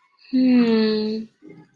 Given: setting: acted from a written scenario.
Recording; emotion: vocal sound without words; sympathy